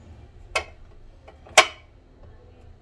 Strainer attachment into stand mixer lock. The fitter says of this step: और जब ये लॉक हो जाएगा तो इसकी भी कट की आवाज आती है।